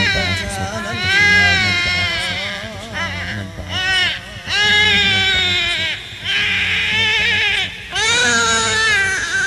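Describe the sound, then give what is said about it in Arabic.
An infant in a cradle cries in long, wailing bursts with brief breaths between them, the high, wavering pitch rising and falling as the crying stays loud and unbroken for several seconds. “سائر في المهد يبكي، طرفه نحو السماء يرسل الأنظار شزرا، وجهه فيه شقا.”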